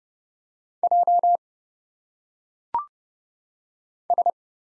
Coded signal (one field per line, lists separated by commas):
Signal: Morse code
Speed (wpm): 30 wpm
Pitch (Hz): 700 Hz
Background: none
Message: J S